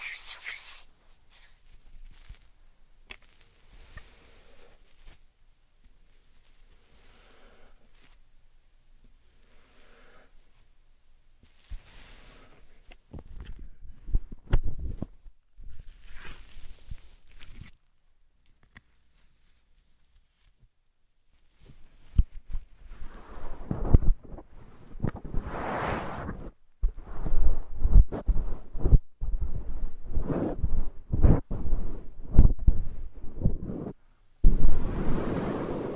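Slime and sand being handled make soft, scattered squishes and crackles, quiet and sparse for the first twenty seconds with a near-silent gap around 18 to 21 seconds. After that the sounds grow louder and denser, with a bright, crisp burst near 26 seconds and another near 35.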